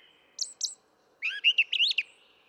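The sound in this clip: Brown thrasher song fragment: two quick high notes, then a rapid burst of warbled, slurred whistles.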